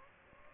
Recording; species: mosquito wingbeat signal from an infrared sensor; Aedes aegypti